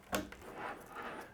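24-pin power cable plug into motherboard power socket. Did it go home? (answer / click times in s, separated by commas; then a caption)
yes / 0.2 s. A 24-pin motherboard power cable plug is pushed into the motherboard power socket, and it clicks in at 0.2 s. A quieter second click follows at 0.3 s. Low rustling and handling noise continue afterward as the connector is seated.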